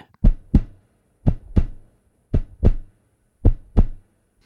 A heartbeat.